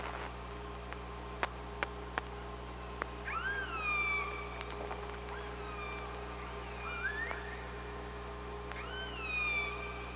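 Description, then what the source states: Killer whale calls: a series of repeated calls, each rising then sliding down into a level tone, interspersed with clicks over a steady low underwater hum. Recorded by OrcaLab hydrophone on 24 August 2017.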